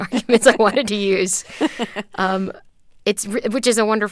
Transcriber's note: laughter